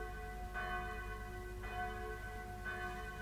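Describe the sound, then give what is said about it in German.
Kapitän Kett's loud wake-up bell, rung by him in sailor cap and sea boots to announce the day, rings out in three evenly spaced strokes, each one bright and metallic with a long, humming resonance that lingers beneath the next strike. “Nun, da Kapitän Kett in Matrosenmütze und Seestiefeln mit seiner lauten Raus-aus-dem-Bett-Glocke den heutigen Tag verkündet.”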